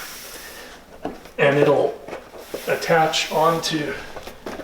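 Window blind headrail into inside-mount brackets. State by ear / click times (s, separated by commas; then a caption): not seated / none. The headrail of a cordless cellular window shade, already hanging on its inside-mount metal mounting brackets, is handled as it is about to be pushed toward the back to lock onto the back of the brackets. Someone talks throughout, with brief faint handling sounds near 1.1 s and 4.5 s. Nothing has seated or clicked yet.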